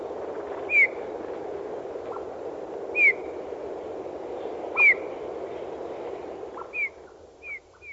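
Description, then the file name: Eurasian bullfinch calls: short, mellow falling whistles spaced a couple of seconds apart and closer together at the end, the last three softer, against constant background noise. "snegir golos"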